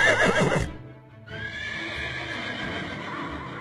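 A horse whinnies loudly in a shrill, wavering burst for about half a second, then a brief lull gives way to a steady rushing noise with faint clip-clopping hooves underneath.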